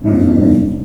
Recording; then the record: squeal of a Yucatan mini pig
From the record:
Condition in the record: after surgery on the right vocal fold (resection and tissue-engineered implant); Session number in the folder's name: 5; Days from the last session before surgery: 33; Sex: female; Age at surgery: 19 weeks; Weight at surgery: 25 kg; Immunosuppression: prednisolone